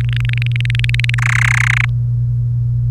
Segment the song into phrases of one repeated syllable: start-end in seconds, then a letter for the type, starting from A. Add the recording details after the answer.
0.01-1.15 A, 1.18-1.85 B. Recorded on 1 May 2018 at 14:37. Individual llb3